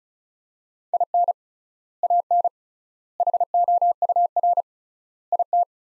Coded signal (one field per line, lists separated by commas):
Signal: Morse code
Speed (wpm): 34 wpm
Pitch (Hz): 700 Hz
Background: none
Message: IN AN HOUR IT